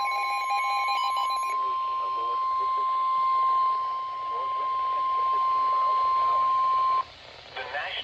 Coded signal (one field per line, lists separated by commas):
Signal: Emergency Alert System (SAME) tones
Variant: 1050 Hz attention tone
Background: speech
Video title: Severe Thunderstorm Warning EAS#15